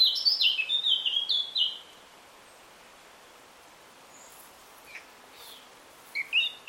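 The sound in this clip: Eurasian Blackcap song: a brisk burst of warbled notes for under two seconds, then a long pause, then a few scattered high notes near the end.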